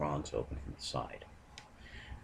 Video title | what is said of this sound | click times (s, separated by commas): Transformers Collectors Club 2013 Member Figure Depth Charge | tip of the Trident it will click into place you have a little automorph as the uh two | 1.6 s